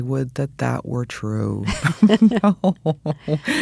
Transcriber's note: laughter